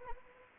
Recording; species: mosquito wingbeat signal from an infrared sensor; Anopheles arabiensis